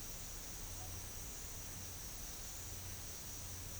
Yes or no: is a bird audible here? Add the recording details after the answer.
no. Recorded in dense forest near Puerto Asís, Putumayo, Colombia, on 9 March 2025 at 11:00. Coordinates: 0.484, -76.325. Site G045